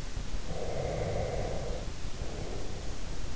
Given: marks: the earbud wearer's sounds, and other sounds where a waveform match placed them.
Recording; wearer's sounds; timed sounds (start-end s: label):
sounds in sleep by an in-ear microphone; breath
0.40-3.13 s: breath